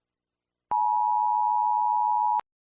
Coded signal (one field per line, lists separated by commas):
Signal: Emergency Alert System (SAME) tones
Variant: 853 and 960 Hz attention tone